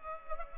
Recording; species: mosquito wingbeat signal from an infrared sensor; Culex pipiens